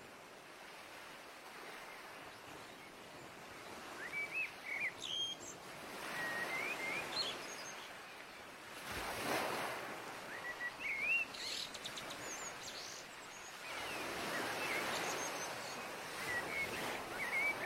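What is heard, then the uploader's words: Waves wash in and out in slow, swelling surges, peaking around 5–7, 9–10 and 14–16 seconds. Short bright bird chirps and tweets sound over the surf every second or two, with a faint metallic tinkle of wind chimes high above. Come to the exclusive seaside cabin to enjoy the quiet night atmosphere with wind chimes, waves, birdsong and the sounds of nature.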